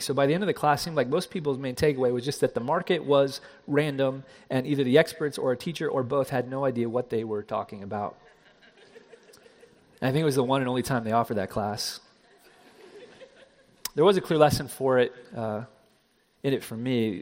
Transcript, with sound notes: By the end of the class, it seemed like most people’s main takeaway was just that the market was random and either the experts or our teacher or both had no idea what they were talking about. (Laughter!) I think it was the one and only time they offered that class. (Laughter!) There was a clear lesson in it for me.